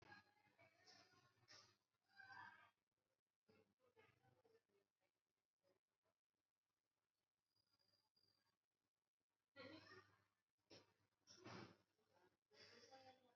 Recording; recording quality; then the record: shallow breathing; excellent, no background noise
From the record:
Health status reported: exposed to COVID-19, no respiratory illness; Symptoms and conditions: none ticked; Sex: male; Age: 22 years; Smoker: not ticked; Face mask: not worn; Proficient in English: yes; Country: India